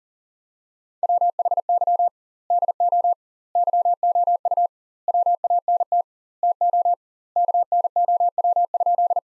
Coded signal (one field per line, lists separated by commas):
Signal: Morse code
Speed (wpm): 40 wpm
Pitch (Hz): 700 Hz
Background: none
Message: WHY DO YOU WANT TO KNOW?